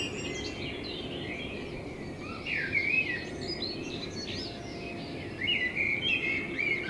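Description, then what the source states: Common blackbird song, whistled phrases with scratchy twittered endings, a loud phrase near three seconds and another near the end, over low background noise. Blackbird in front of the recordist's window; binaural sound made with a homemade dummy head, intended for headphone listening.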